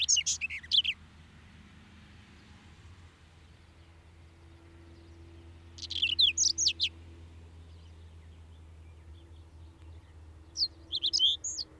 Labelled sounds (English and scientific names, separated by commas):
Common Whitethroat (Sylvia communis) song